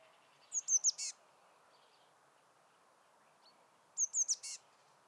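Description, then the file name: Eurasian blue tit calling: two phrases, each of three thin high notes followed by a short buzzy churr, separated by a quiet pause of about three seconds. "Cyanistes caeruleus"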